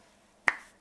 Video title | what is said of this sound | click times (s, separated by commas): Runde Zapfen an Rundstäben und Kanthölzern herzustellen - stabile Holzverbindung sehr einfach | un clic maravillosamente, por lo que encaja perfectamente. | 0.5 s